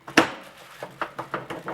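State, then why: Seated. An accessory part is clipped into the rear rail of an Evolution Power Tools R210SMS miter saw and worked to check that it clips properly. A sharp snap at 0.2 s is followed by five smaller rattling clicks between about 1.0 and 1.7 s. The part is confirmed as seated and clipping well.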